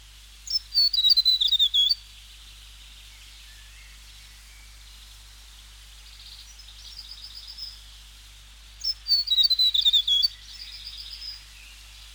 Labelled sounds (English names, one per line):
Tomtit